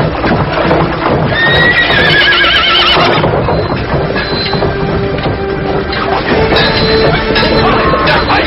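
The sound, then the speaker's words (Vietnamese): Horses gallop with a loud, steady clatter of hooves, while high whinnies and neighs rise over the pounding rhythm, first early on and again toward the end. “Chúa Công, Chúa Công, phi ngựa về phía sau đi, sau đó phi ngựa chạy thẳng qua cầu.”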